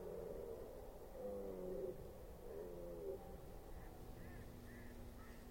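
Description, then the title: Red deer groans: three short, hoarse, moaning calls about a second apart, with faint bird chirps near the end. Red deer during the rut in the Forêt d'Orléans, France. "hifi soundscape lama. Red Deer Rut - Forêt d'Orleans, France"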